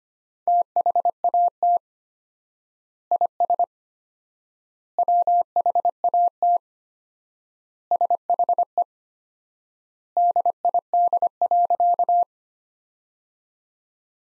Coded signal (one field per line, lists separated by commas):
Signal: Morse code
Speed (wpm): 25 wpm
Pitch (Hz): 700 Hz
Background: none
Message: THAT IS WHAT SHE DID.